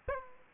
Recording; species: mosquito wingbeat signal from an infrared sensor; Aedes aegypti